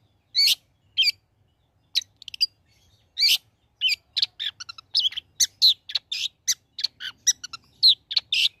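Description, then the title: Long-tailed shrike song: a few separate high notes first, then quickening into a varied, chattering sequence of chirps and whistles. Bird singing vigorously (gacor), offered as a tutor recording (masteran) for training other songbirds. "Cendet Gacor Cocok Untuk Masteran"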